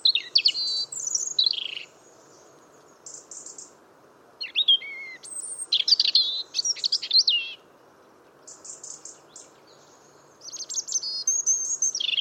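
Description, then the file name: European robin sings several high, tinkling phrases, each full of quick rising and falling whistles and trills, separated by short silences. "Erithacus rubecula"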